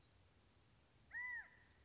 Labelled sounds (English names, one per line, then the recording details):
California Quail
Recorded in Sonoma County, California